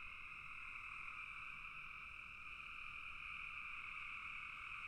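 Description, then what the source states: Frogs calling together, a thick unbroken trilling drone in two pitch bands that stays level throughout, with a dull low rumble underneath. Frogs calling in a bog.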